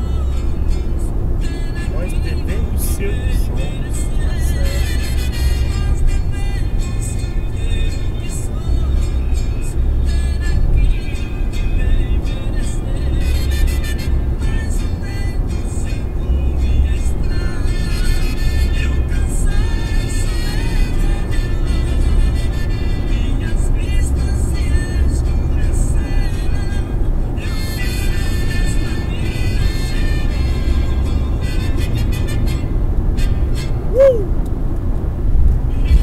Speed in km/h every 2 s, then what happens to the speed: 98, 99, 100, 101, 101, 101, 102, 101, 102, 102, 104, 105, 107, 108, 109, 110, 111, 112.
0-36 speeds up to 112.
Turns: none.